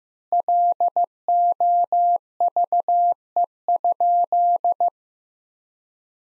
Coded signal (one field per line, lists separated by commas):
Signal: Morse code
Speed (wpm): 15 wpm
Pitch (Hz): 700 Hz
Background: none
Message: LOVE?